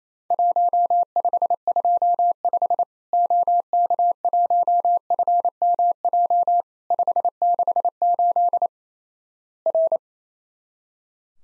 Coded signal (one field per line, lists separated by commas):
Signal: Morse code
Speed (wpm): 28 wpm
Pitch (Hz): 700 Hz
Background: none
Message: 1525 OK1FMJ 568 R